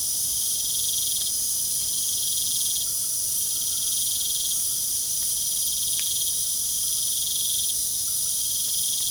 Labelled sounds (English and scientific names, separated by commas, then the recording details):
none
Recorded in pastures near Puerto Asís, Putumayo, Colombia, on 24 June 2025 at 20:00
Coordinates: 0.497, -76.327
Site G040